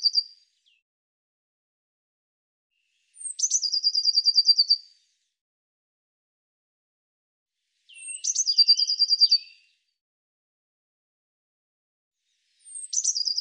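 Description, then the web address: Bird song: high thin notes leading into a fast, buzzy trill near the top of the range, each phrase about two seconds long and repeated roughly every four to five seconds. Otherwise silent. "cianscape birddata Deverinetal 2025 File cleaned normalized Bird Cy Ca"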